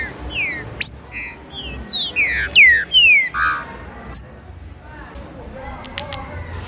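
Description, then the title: Green-winged Saltator giving a burst of bright whistled downslurs for about three seconds, then a lone chirp and quieter scattered notes. "Trinca Ferro"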